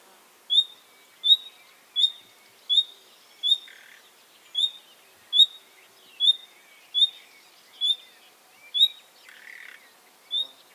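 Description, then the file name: Common nightingale calling, a sharp high whistled note repeated about every three-quarters of a second, with two short low rasping croaks mixed in. "Luscinia megarhynchos"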